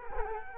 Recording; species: mosquito wingbeat signal from an infrared sensor; Culex quinquefasciatus